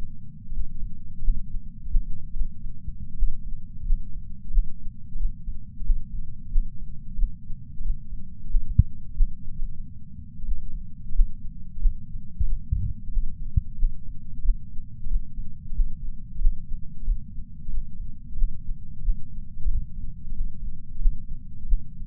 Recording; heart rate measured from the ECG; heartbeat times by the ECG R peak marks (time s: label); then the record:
heart sounds by patch sensor on the chest; 91 bpm
0.56 s: heartbeat
1.23 s: heartbeat
1.90 s: heartbeat
2.35 s: heartbeat
3.18 s: heartbeat
3.86 s: heartbeat
4.53 s: heartbeat
5.19 s: heartbeat
5.85 s: heartbeat
6.51 s: heartbeat
7.18 s: heartbeat
7.84 s: heartbeat
8.50 s: heartbeat
9.16 s: heartbeat
9.45 s: heartbeat
10.47 s: heartbeat
11.14 s: heartbeat
11.81 s: heartbeat
12.47 s: heartbeat
13.12 s: heartbeat
13.75 s: heartbeat
14.44 s: heartbeat
15.10 s: heartbeat
15.75 s: heartbeat
16.40 s: heartbeat
17.06 s: heartbeat
17.72 s: heartbeat
18.37 s: heartbeat
18.97 s: heartbeat
19.69 s: heartbeat
20.35 s: heartbeat
21.01 s: heartbeat
21.64 s: heartbeat
From the record:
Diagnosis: coronary artery disease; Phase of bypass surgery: postoperative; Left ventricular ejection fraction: 56.9%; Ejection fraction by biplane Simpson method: 54%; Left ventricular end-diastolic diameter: 47 mm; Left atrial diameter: 43 mm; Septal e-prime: 5 cm/s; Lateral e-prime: 5.3 cm/s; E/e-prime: 10.9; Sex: male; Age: 77 years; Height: 160 cm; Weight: 79.5 kg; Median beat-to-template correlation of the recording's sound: 0.62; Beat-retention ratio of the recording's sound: 1.00